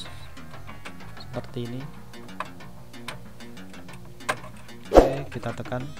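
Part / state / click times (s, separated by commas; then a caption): RAM module into motherboard DIMM slot / not seated / none. A RAM module is handled over a motherboard DIMM slot while someone talks over background music, with a few faint ticks. The stick is about to be pressed down so the slot's plastic clips lock automatically, but nothing has seated or clicked yet.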